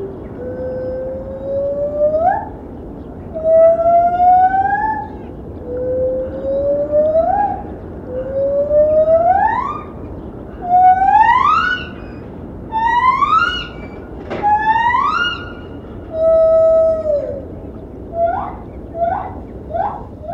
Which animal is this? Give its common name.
Lar Gibbon